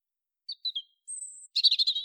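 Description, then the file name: European robin giving a brief phrase: a few falling notes, a long thin high whistle, then a fast buzzy trill. "Erithacus rubecula"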